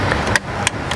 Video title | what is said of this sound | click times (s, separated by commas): INSANE WHINE! - Whipple Competition Open Air Box Kit for 2024 Ford Mustang | listen for the click click | 0.4 s, 0.7 s